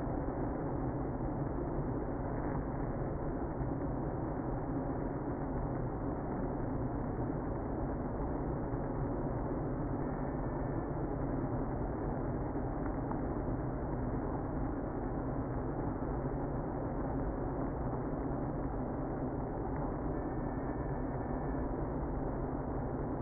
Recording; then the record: honeybee colony, microphone inside the hive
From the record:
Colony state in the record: queenless (queen removed); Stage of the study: after two queens were removed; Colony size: about 60,000 bees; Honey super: yes